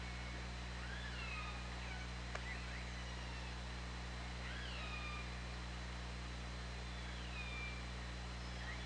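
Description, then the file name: Orca calls, a few arched and sweeping tonal cries, some rising then falling, scattered throughout over constant low underwater hum and a thin steady high tone. Recorded by OrcaLab hydrophone, 24 August 2017, 20:33. "Orca Lab UTLN JASON 20170824 203346 ORCALABDYNI"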